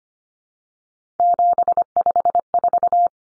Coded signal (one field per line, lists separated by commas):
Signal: Morse code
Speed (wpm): 25 wpm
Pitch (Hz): 700 Hz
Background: none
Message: 754